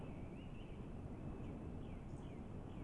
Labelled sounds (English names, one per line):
Song Thrush